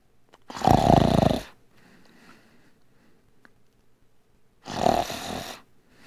Daily life snoring sound.